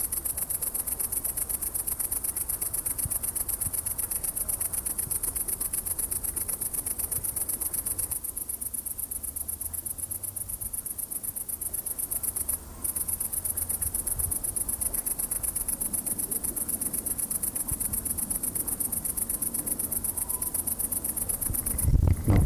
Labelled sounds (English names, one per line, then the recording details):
Great Green Bush-cricket stridulation
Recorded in the wild
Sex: male
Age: imago
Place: Lübars, Benekendorffstraße, Berlin, DE
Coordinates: 52.6167, 13.3469
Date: 1998-08-17 20:58
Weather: heiter, 18°C
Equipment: Marantz CP 430, Sennheiser ME 80, Kopie Uher 4000 Report Monitor
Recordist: Tembrock, Günter
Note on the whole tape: Zwei Exemplare: Stridulation